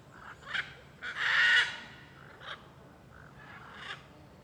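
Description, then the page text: Blue-and-yellow macaw calling with grating squawks, one long loud burst early on and several shorter, quieter cries around it. Many macaws calling on a street in Alto Paraíso de Goiás, Cerrado, Brazil. "Rua em Alto Paraiso com muitas araras cantando e carros passando. Arquivo de Arara-canindé - Coleção Sonora do Cerrado"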